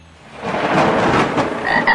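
A dense chorus of frogs croaks continuously, overlapping raspy calls forming a steady, fairly loud texture, with a couple of brief higher-pitched tonal chirps near the end. No voices.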